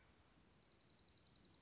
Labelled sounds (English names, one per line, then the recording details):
Dark-eyed Junco
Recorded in Sonoma County, California